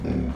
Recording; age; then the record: pig call; growing-finishing pig (85 days or more)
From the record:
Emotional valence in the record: negative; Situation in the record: barren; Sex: female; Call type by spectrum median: low-frequency call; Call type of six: low-frequency stable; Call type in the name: low-frequency stable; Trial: 3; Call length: 0.36 s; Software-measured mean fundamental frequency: 39 Hz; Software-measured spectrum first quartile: 113 Hz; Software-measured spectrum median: 210 Hz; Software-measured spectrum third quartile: 344 Hz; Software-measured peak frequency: 240 Hz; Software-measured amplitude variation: 157 dB a second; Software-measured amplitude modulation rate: 27.6 a second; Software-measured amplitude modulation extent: 5.7 dB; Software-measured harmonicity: -1.4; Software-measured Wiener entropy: -0.62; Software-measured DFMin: 1070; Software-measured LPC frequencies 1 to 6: 2340, 3452, 4566, 5459, 6627, 8349 Hz